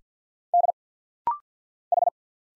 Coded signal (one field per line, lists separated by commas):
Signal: Morse code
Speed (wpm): 50 wpm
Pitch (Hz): 700 Hz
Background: none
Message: D H